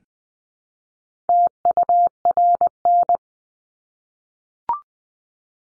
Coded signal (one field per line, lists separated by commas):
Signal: Morse code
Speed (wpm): 20 wpm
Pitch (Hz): 700 Hz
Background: none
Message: TURN